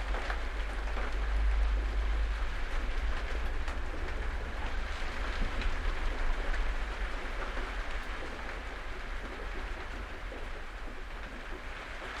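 A thunderstorm heard from a shed: a steady, dense hiss of rain runs throughout over a heavy, continuous low rumble. The level stays fairly even, swelling slightly around two and six seconds and easing a little toward the end, with no sharp claps.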